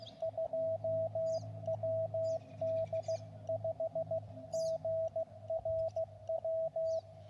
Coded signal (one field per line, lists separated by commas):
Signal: Morse code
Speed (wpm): 15 wpm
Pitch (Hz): 650 Hz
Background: radio noise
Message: 2 WD5GRW